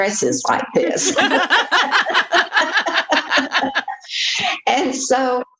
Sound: laughter